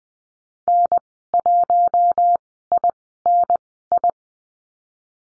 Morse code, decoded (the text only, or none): N1INI